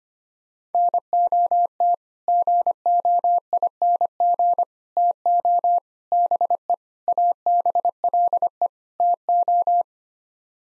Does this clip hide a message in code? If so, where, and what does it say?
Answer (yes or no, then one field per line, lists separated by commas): yes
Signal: Morse code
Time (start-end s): 0.7-9.8 s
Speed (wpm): 25 wpm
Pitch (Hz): 700 Hz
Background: none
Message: NOT GOING TO BE ABLE TO